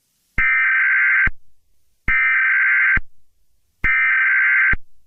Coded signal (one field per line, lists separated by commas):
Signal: Emergency Alert System (SAME) tones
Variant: header bursts